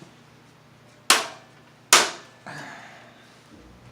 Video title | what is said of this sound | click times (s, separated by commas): Junkyard pc build | And it's literally just a pop in like that. | 1.1 s, 1.9 s